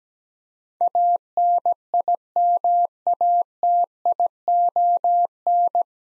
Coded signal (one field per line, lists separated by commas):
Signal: Morse code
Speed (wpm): 17 wpm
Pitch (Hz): 700 Hz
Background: none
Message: ANIMATION